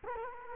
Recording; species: mosquito wingbeat signal from an infrared sensor; Culex quinquefasciatus